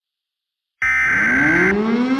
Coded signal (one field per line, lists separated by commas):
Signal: Emergency Alert System (SAME) tones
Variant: header bursts